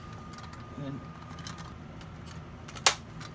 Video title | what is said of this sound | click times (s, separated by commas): part 0ne Building the New Tamiya 1/16 scale Panzerjager Jagdpanther Display model | then it snaps right in like that and now you've got your bar into place | 2.9 s